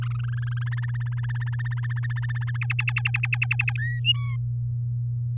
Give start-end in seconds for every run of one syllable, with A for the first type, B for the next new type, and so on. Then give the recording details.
0.02-0.80 A, 0.82-2.57 B, 2.61-3.72 C, 3.78-4.00 D, 4.04-4.36 E. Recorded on 9 May 2018 at 07:02. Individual llb16